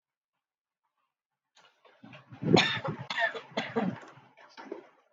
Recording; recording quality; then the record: shallow voluntary cough; excellent, no background noise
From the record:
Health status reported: COVID-19 positive, mild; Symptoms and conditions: cough, cold, breathing difficulty, fever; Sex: male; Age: 23 years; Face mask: not worn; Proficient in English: yes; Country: India